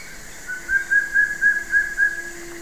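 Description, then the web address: Wing-barred piprites song: a steady run of about six short, evenly spaced whistled notes on one mid pitch, with a faint constant hum underneath. Recorded in the eastern lowlands of South America. "S America Eastern Lowlands Piprites chloris, song"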